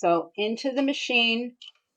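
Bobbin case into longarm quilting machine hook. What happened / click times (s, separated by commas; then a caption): Handled, not yet seated: no click yet / none. A loaded metal bobbin case is handled and pushed toward the hook of a longarm quilting machine while someone talks. Faint soft handling noise follows the speech, but nothing has seated or clicked yet.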